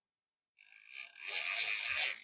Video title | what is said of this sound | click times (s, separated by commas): Front Facing Seat Belt Installation, Nuna Exec | that sound is letting you know the seat belt has been successfully switched to locking mode | 0.6 s, 0.7 s, 1.0 s